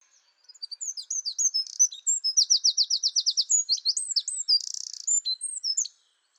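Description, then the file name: Eurasian wren delivering an energetic, high-pitched song of quick chips, a fast rattling trill, looping whistles and a buzzy trill. "Troglodytes troglodytes"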